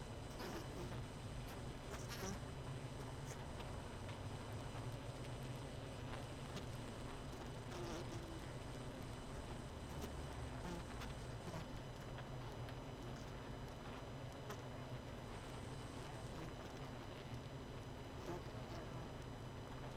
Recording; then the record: honeybee colony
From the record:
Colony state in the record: missing queen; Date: 31 May 2018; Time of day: 20:03